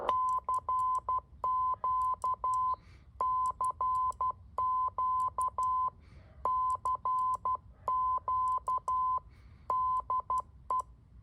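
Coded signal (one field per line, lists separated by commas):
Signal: Morse code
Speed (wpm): 12 wpm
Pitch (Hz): 1020 Hz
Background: none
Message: CQ CQ CQ DE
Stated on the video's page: QRP backyard portable CW attempt with MFJ-9040 rig, MFJ-971 tuner, battery power, MFJ keyer and a short 40 m vertical.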